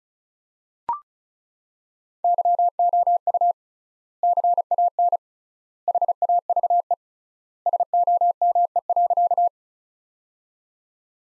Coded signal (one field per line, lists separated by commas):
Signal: Morse code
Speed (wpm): 36 wpm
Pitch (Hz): 700 Hz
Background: none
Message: YOU CAN HAVE SOME.